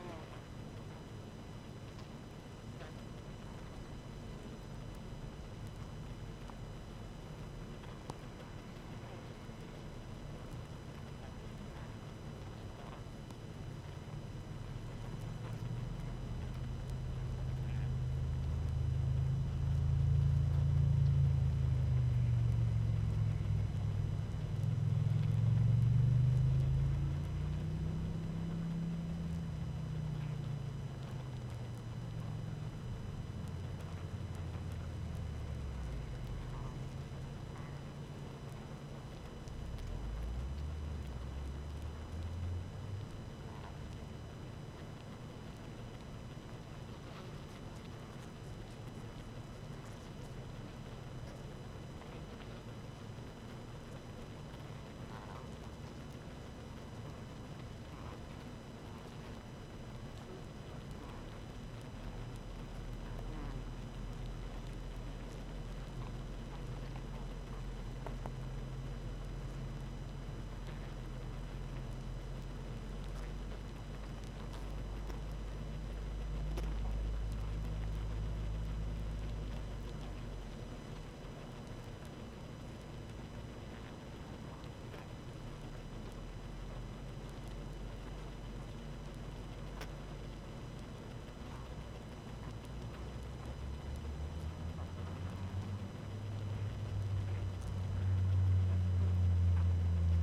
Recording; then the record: honeybee colony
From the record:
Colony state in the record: active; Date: 12 June 2018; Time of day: 18:35